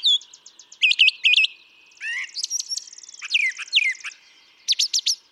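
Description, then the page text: Brown thrasher singing a few repeated whistled notes, then a buzzy rattle under sharp descending slurs, and ending with a quick high series. The same male sings in a long sequence recorded over three hours; his repertoire is estimated at about 1300 songs, including imitations of other species. "Birdsong for the Curious Naturalist. Brown thrasher"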